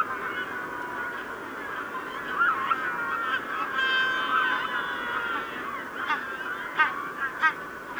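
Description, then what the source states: Magellanic penguins in chorus, a sustained honking bray in the middle among overlapping calls, followed by sharp clipped honks. Evening chorus of Magellanic penguins.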